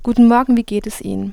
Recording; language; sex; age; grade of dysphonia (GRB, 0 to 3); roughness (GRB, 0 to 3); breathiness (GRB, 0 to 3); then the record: spoken sentence; German; female; 20 to 29 years; 0; 0; 0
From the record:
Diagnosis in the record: healthy voice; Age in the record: 20 years